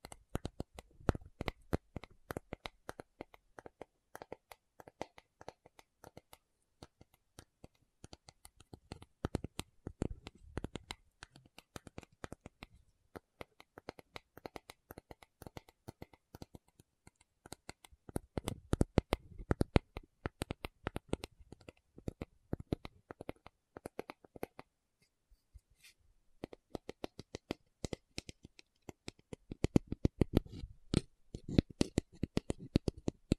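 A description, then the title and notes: A tapping session made of dense, rapid clicks and taps that run almost without pause, with short louder flurries around 10, 19 and 30 seconds. The taps are sharp and crisp, rattling like shuffled cards, and stop briefly near 25 seconds before resuming. Tapping Session (No Talking).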